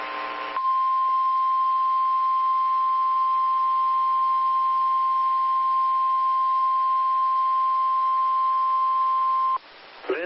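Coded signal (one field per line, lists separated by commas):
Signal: Emergency Alert System (SAME) tones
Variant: 1050 Hz attention tone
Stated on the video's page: Required weekly test on a weather radio station.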